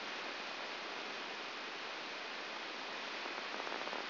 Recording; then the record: brain microelectrode recording played as sound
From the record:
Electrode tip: outside the subthalamic nucleus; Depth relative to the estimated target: -4 mm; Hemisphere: right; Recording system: AlphaMap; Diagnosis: Parkinson's disease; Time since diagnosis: 10 years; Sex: female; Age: 63 years